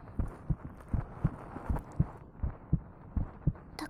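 Steady paired lub-dub thumps at about 80 beats a minute, five full beats in under four seconds, over a faint hiss: a soft 'toku-toku' beat. A normal, regular adult woman's heartbeat, heard close up with the head held against her chest.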